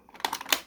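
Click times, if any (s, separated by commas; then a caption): 0.2 s, 0.5 s. A small plastic storage compartment door on a Lightyear Hyperspeed Series Zurg Mothership toy spaceship is pushed closed, with a few faint plastic ticks before its latch snaps. Sharp clicks at 0.2 s and 0.5 s mark the latch catching, the second the loudest, and the door stays shut.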